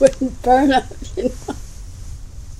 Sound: luaghs